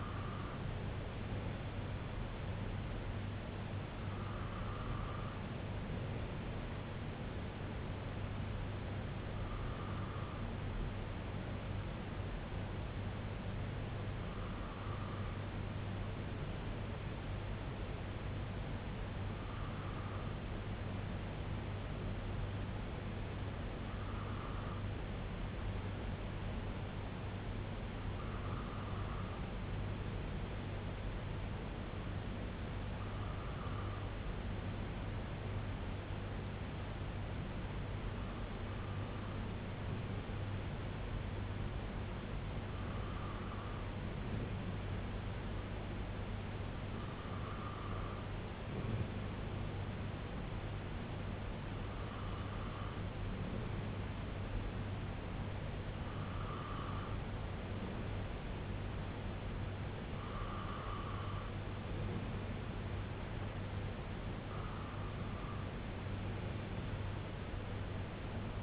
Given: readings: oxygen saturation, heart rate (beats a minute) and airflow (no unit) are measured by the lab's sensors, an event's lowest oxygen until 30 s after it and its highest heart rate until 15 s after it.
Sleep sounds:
breathing in sleep by a voice recorder at the bedside; 1
22.00-62.60 s: hypopnea (N2, oxygen 96% highest, then 93% lowest, heart rate 58 at the start, 69 highest)
54.00-68.63 s: new sleep stage, REM sleep
From the record:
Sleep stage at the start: N2 (light sleep); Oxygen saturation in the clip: 94 to 96%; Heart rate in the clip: 58 to 69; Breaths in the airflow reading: 15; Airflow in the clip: -4.6 to 2.9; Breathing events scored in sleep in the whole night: 258 in 7.4 hours asleep

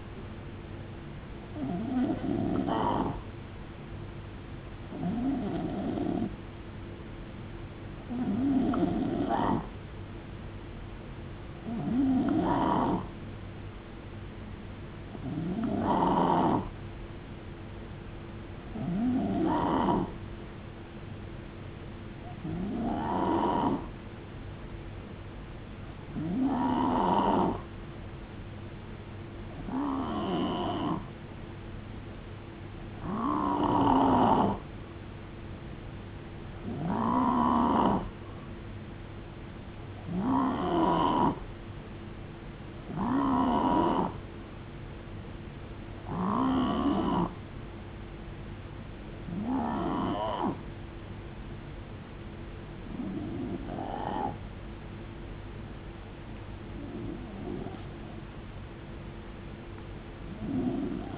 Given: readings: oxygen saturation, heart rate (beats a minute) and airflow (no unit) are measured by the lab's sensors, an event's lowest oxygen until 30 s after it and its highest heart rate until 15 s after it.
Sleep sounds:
breathing in sleep by a voice recorder at the bedside; none
none scored
From the record:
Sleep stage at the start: N2 (light sleep); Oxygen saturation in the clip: 89 to 91%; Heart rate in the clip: 57 to 76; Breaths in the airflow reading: 18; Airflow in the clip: -6.8 to 5.6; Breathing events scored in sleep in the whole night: 389 in 6.3 hours asleep

